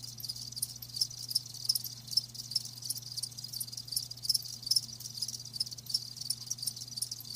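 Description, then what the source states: Cricket chorus of steady high trilling, with sharper chirps standing out now and then over a soft low hum. Live crickets chirping with a lulling song.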